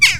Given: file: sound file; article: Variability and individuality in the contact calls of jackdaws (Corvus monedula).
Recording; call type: jackdaw call; harmonic